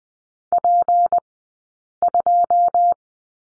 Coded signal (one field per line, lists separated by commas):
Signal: Morse code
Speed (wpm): 20 wpm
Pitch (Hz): 700 Hz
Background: none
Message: P2